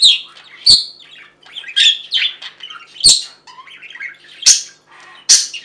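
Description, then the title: Budgerigar chatter, loud sharp squawky notes and clicks roughly every second, with softer warbling between them. "Budgie Sounds"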